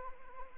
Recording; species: mosquito wingbeat signal from an infrared sensor; Anopheles arabiensis